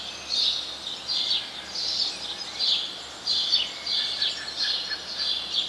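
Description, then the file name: House sparrow chirping, bright chirps spaced under a second apart with brief pauses, over low background noise. "Passer domesticus"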